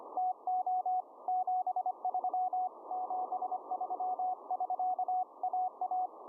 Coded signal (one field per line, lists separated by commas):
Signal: Morse code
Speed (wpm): 25 wpm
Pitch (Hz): 740 Hz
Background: none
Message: TO 73 73<SK>AA